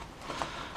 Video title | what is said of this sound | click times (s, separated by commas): Molle Attachment Bars- How They Work | and lock it in. | 0.4 s